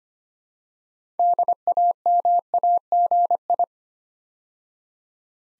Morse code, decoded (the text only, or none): DAMAGI